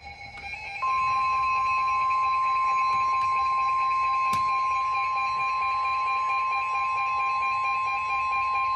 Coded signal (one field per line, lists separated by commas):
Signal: Emergency Alert System (SAME) tones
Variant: 1050 Hz attention tone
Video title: EAS #781-810 (6/18 & 6/19/21)